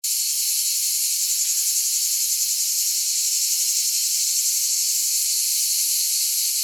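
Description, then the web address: Cicada giving a steady, high, hissing buzz that runs unbroken throughout with a faint pulsing shimmer and no other clear sounds. "cicale"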